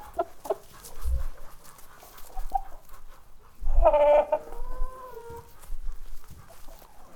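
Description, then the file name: Chickens clucking, with a loud drawn-out squawk midway and a few low thuds. Walking around in a barn near the microphone, squawking and clucking. "freesound chickens and ducks"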